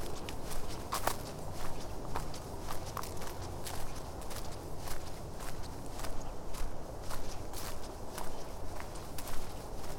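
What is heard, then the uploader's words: Footsteps crunch steadily through a forest, falling at an even walking pace of roughly two steps per second with crisp, bright scuffs. A low, continuous rumble of outdoor air sits underneath, and a faint chirp stands out near the one-second mark. Soundwalking - Withlacoochee State Forest.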